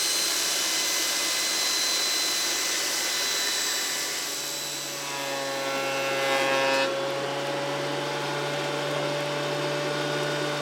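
A power tool runs steadily, a dense whining motor with a bright, hissy edge. Around five seconds the pitch shifts and settles into a steadier, lower hum with a clear tone on top, as if the tool changes speed under load.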